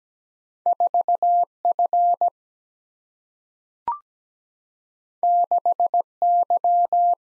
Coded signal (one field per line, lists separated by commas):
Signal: Morse code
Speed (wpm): 17 wpm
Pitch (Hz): 700 Hz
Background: none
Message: 4 F 6 Y